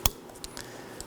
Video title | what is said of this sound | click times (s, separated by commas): How to Replace Rear Bumper Impact Absorber 2014-2019 Nissan Sentra | Make sure you hear that audible click and make sure it's secure. | 0.1 s